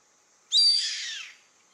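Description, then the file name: Yellow-headed caracara, a single raspy scream with an abrupt onset and a slowly falling, fading tail, heard alone against quiet. "Canto do gaviao carrapateiro Milvago chimachima"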